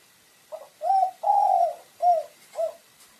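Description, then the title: Pigeon cooing, five low hooting notes around one phrase, the middle note long and drawn out, softer short notes at each end. "Canto Da Pomba"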